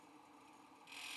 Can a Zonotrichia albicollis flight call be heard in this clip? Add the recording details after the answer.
no. No flight call is heard. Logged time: 05:54 on 5 December 2014